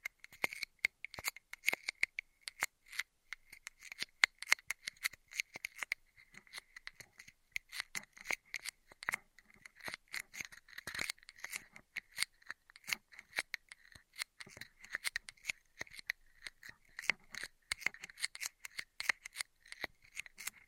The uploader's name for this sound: Intense Straw Triggers